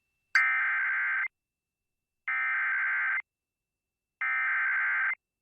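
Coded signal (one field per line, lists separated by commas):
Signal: Emergency Alert System (SAME) tones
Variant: header bursts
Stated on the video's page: Personal captures of real EAS alerts.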